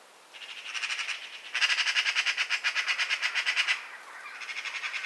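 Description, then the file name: Eurasian magpie giving a fast, dry rattling chatter of evenly spaced harsh notes, swelling louder, then fading into a softer rattle. "Pica pica"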